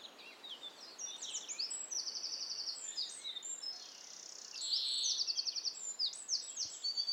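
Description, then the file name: Eurasian wren singing high, rapid trills and tinkling notes almost continuously, with a strong steady hiss in the background. "Troglodytes troglodytes"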